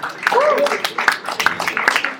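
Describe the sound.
Scattered clapping from an audience, steady for a couple of seconds, with a few high whistles and cheering voices mixed in.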